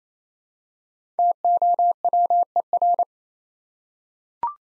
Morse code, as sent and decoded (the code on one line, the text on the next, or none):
- --- .-- . .-.
TOWER